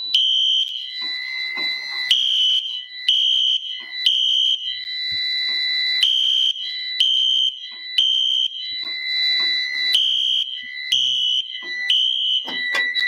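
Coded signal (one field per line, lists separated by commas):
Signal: alarm pattern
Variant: Code 3 fire alarm horn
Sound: loud repeating electronic fire alarm horn blasts around 3 kHz, pulsing with brief pauses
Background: small room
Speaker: And it's set on its regular code 3 tone, and the strobes are actually being synced with wheel-lock sync by the fire alarm control panel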